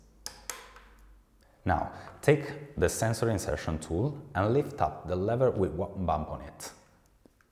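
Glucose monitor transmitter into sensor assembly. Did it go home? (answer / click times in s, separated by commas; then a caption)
yes / 0.3 s. A plastic GlucoMen Day CGM transmitter is lowered from a vertical position into the guide slots of the sensor assembly and pressed down, clicking into place at 0.3 s, followed by a second sharp tick at 0.5 s. Someone then talks. The transmitter is seated in the sensor assembly.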